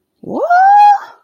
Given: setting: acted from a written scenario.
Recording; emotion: vocal sound without words; negative surprise